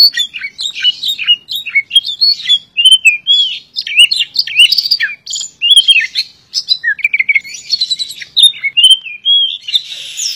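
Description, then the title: Oriental magpie-robin song, continuous and varied, with bright whistled slurs, downward-swooping notes and chattering chirps strung together almost without pause. "suara kacer"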